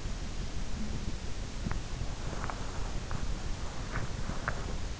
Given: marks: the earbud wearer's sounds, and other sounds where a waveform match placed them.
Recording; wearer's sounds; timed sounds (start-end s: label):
sounds in sleep by an in-ear microphone; body movement
0.29-2.75 s: body movement